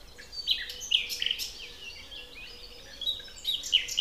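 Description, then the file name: Common nightingale singing rich, varied phrases of sharp whistles and rapid trills, with a louder run near the start and another near the end. "Luscinia megarhynchos"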